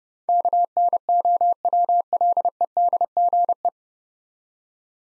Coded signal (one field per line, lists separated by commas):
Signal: Morse code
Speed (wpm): 30 wpm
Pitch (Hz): 700 Hz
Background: none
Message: KNOWLEDGE